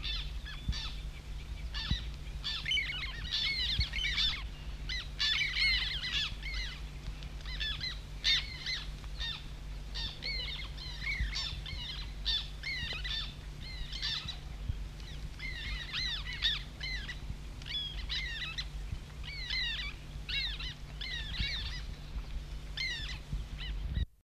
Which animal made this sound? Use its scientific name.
Chlidonias niger